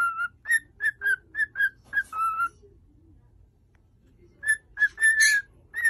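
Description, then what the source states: Cockatiel whistled song: a quick series of short bright whistles, a brief silence, then more whistled notes with one harsher, noisier burst. Several cockatiels singing with whistles.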